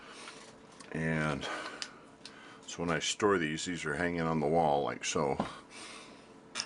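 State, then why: Seated. A test probe is pushed into a plastic cable-tie style clip mounted on the wall for storage. Someone talks for most of the clip, with a few faint ticks, and the probe snaps into the clip at 6.6 s.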